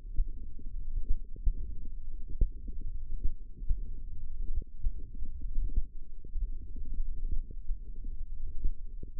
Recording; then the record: forearm muscle sounds (acoustic myography)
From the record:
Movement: tripod grip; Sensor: system 1, eight BSWA MPA416 microphones around the upper forearm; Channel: 8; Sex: female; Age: 22 years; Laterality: right